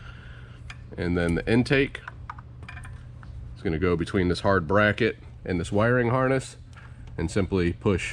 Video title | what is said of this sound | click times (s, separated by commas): J&L Oil Separator Co. 2023-2026 Ford F-250 F-350 6.8L;7.3L Godzilla Install 3094P | going into the PCV you'll hear it audibly click into place | 0.7 s